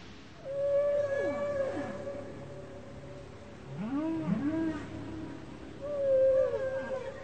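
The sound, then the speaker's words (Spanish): Whale song with no speech, at Marino Ballena National Marine Park, a whale breeding area: long, steady tonal moans open and close the passage, and between them come swooping, rising and falling whoops with rich harmonics, at a moderate level throughout. “El Parque Nacional Marino Ballena es zona de reproducción de ballenas que vienen del norte y del sur del continente a tener sus crías o a aparearse.”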